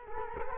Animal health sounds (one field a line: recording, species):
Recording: mosquito wingbeat signal from an infrared sensor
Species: Culex quinquefasciatus